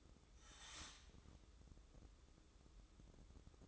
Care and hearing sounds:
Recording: daily activity, microphone in the room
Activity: start toaster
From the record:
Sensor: 3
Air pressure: 995.2 hPa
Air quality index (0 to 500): 75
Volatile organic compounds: 5 ppm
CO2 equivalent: 1770 ppm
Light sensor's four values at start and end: 18/55/23/20 and 18/55/23/20

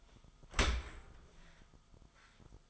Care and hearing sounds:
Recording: daily activity, microphone in the room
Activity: open dishwasher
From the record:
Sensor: 5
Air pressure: 1004.7 hPa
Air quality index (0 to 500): 94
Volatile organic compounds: 2 ppm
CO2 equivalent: 1133 ppm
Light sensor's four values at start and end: 32/74/30/30 and 33/76/31/30

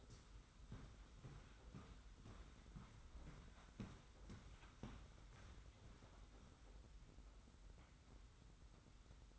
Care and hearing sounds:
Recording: daily activity, microphone in the room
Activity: walk to room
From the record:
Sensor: 3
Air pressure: 991.1 hPa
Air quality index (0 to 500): 104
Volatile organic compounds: 39 ppm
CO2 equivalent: 3138 ppm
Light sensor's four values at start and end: 44/121/49/43 and 45/124/50/44

